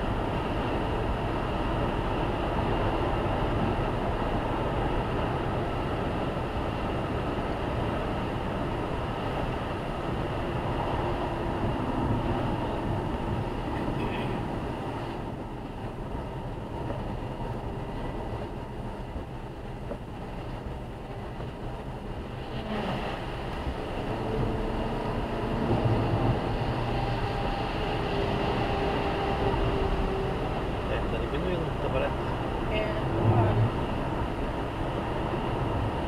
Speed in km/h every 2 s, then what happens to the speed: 121, 119, 118, 116, 113, 100, 85, 81, 78, 78, 80, 85, 93, 97, 101, 104, 107, 106.
0-16 slows to 78. 16-36 speeds up to 106.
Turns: none.